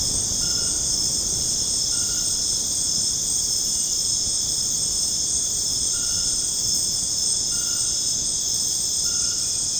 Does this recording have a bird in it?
no